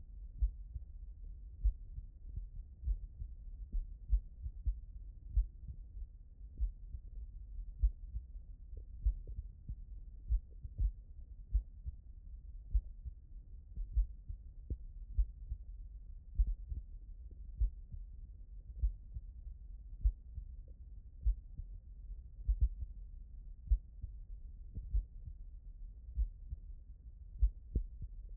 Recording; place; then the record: heart sounds by stethoscope; mitral valve (MV)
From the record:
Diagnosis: non-HFrEF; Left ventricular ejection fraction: 62%